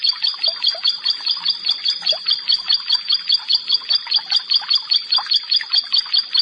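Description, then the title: Prinia song: a steady, rapid run of bright high notes repeated without pause. "Ciblek Sawah"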